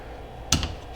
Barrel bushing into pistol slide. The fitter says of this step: rotate it till it clicks,